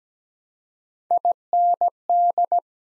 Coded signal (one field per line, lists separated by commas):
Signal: Morse code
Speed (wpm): 17 wpm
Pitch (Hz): 700 Hz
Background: none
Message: IND